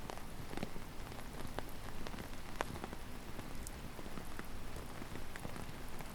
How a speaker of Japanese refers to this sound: 突然の雨に感謝だね。